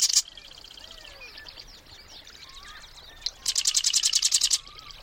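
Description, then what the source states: Marsh wren song: a short buzzy burst opens, then a quieter stretch of faint chatter and slurred whistles before a dense mechanical rattling trill lasting about a second. Perched atop a cattail in a North Dakota wetland.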